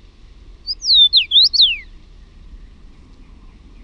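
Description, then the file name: Common rosefinch song: one short phrase of clear, high, swooping whistles rising and falling, ending in a downward slur, over a quiet background. "PUNAVARPUNEN"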